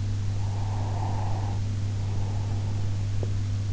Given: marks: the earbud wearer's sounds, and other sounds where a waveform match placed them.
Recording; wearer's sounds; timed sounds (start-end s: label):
sounds in sleep by an in-ear microphone; breath
0.59-2.99 s: breath